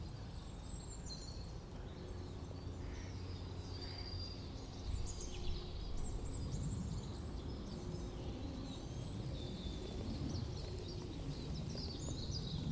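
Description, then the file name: Birds chirping faintly in a high, scattered chorus of short twitters throughout, over a steady low rumble of wind. Birds in St Albans, with wind. "St Albans Birds and Wind"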